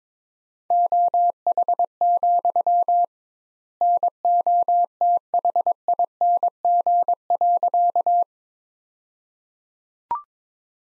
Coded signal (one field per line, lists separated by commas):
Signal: Morse code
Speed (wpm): 22 wpm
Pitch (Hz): 700 Hz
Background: none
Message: OH, NOTHING.